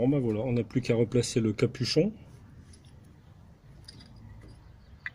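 Someone talks for the first two seconds while getting ready to put the rubber plug cap back onto the newly fitted spark plug of a Yamaha 1300 Midnight Star motorcycle. Quiet handling noise follows, with brief small sounds near 3.9 and 5.1 seconds, but the cap has not yet clicked onto the plug.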